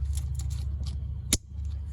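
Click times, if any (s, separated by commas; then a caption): 1.3 s. The plastic connector of an anti-lock brake wheel speed sensor wire on a 2002 Ford F-150 5.4L 4WD is plugged into its mating harness plug during a front wheel bearing replacement. Faint plastic ticks and rustles come over a steady low rumble, then a sharp, bright snap at 1.3 s. The connector snaps in and is seated.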